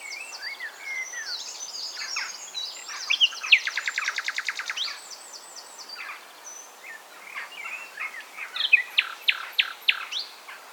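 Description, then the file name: Common nightingale song: swooping whistles, then a fast churring rattle of repeated notes, pauses and a final series of loud, sharp, evenly spaced strokes. "Luscinia megarhynchos"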